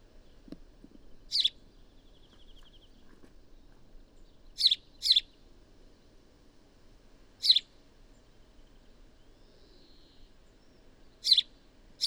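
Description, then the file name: House sparrow calls: a handful of crisp chirps spaced several seconds apart, one a quick double note, with a soft tick and faint background hum. "Passer domesticus"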